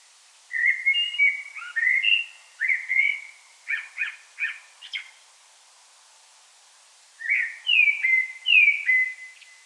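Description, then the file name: Common blackbird: a long run of fluty whistles and short clipped notes, a pause, then a further sequence of rich descending whistles. "Turdus merula"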